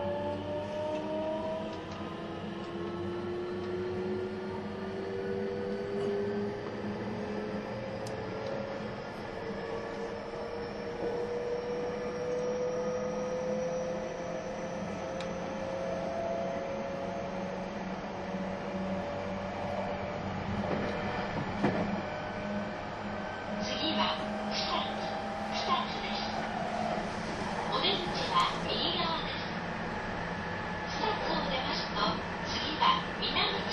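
A train runs steadily with a low rumble and slowly rising whine, then rattling clatter and bright squeals pick up after about twenty-three seconds.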